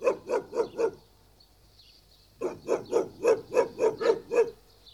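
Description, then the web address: Dog barking in quick bursts: four rapid barks, a pause of over a second, then eight more barks in steady succession. "audio animali cani cani dog"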